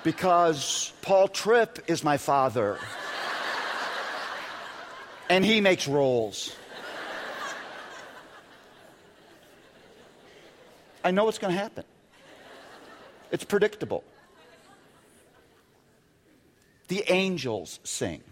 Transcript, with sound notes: because Paul Tripp is my father, and he makes rolls.” (laughter) I know it’s going to happen. It’s predictable. The angels sing.